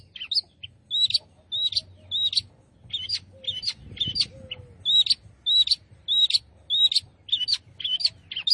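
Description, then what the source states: Long-tailed shrike song of short high chattering phrases repeated at a brisk, fairly even pace. Singing lively, described as gacor.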